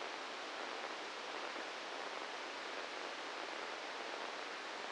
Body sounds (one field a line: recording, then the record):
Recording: brain microelectrode recording played as sound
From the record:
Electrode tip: inside the subthalamic nucleus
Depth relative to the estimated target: -1 mm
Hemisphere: right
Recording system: NeuroSet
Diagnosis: Parkinson's disease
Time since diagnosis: 10 years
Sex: male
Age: 56 years